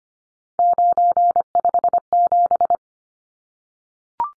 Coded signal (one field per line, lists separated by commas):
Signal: Morse code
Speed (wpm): 25 wpm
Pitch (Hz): 700 Hz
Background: none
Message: 957